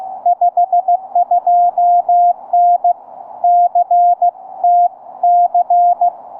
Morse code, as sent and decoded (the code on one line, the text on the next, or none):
..... ..--- -. / -.-. - -.-.
52N CTC